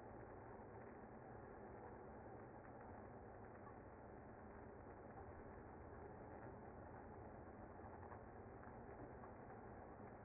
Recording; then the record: honeybee colony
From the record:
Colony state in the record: active